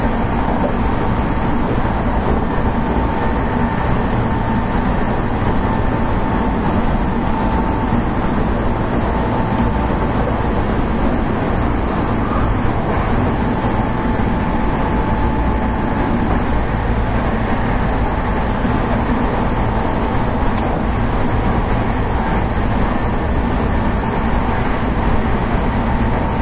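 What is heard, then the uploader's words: An express electric train runs steadily, a dense low rumble of wheels with a faint sustained whine above and a brief click near twenty seconds. 阪急電鉄8000系電車の走行音です。 神戸線の特急列車で録音しました。 区間は新開地から梅田までです。 Running sound of Hankyu Railway 8000 series train. Express train of Kobe Line.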